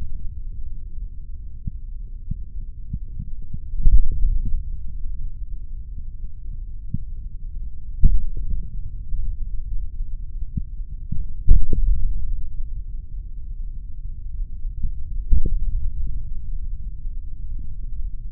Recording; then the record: forearm muscle sounds (acoustic myography)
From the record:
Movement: tripod grip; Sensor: system 3, bracelet of six PUI Audio POM-2738L microphones around the upper forearm, with dedicated amplification and filtering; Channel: 5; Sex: male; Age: 26 years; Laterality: right